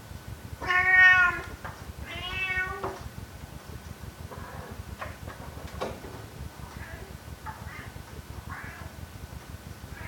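A kitten gives two clear, high meows near the start, one around the first second and a longer one near two to three seconds. After that only faint, soft mews and small rustles follow over a low, steady rumble in a small room.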